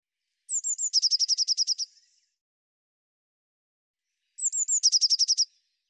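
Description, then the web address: Eurasian blue tit singing twice, each phrase opening with a few thin high notes, then a fast trill of even notes, about four seconds apart. "cianscape birddata Deverinetal 2025 File cleaned normalized Bird Cy Ca"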